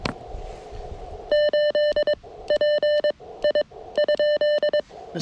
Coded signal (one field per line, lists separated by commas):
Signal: Morse code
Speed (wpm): 22 wpm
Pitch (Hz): 600 Hz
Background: none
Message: 8 P I ?